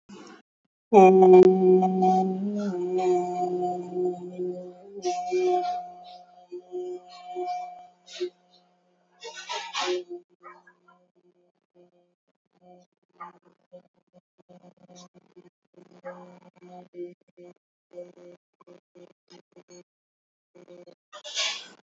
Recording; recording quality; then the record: sustained vowel as in boot; moderate, slight background noise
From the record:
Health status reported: healthy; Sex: male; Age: 59 years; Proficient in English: yes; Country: India